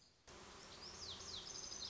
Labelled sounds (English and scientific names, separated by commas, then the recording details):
Lazuli Bunting (Passerina amoena)
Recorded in Sonoma County, California